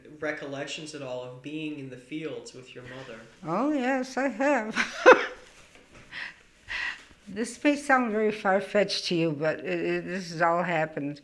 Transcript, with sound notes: recollections at all of being in the fields with your mother? ( she laughs )
This may sound very far-fetched to you, but this has all happened.